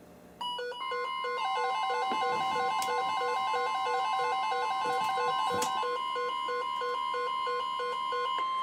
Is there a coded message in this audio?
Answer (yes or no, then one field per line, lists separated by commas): no